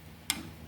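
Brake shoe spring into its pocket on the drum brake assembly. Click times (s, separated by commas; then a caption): 0.3 s. A steel spring on the cleaned right-hand old Bendix drum brake shoe assembly for a trailer is levered with a screwdriver and rotated while held down until it drops into its pocket. A single sharp, bright snap is heard at 0.3 s over a quiet low hum. The spring clip seats, snapping into place in its pocket.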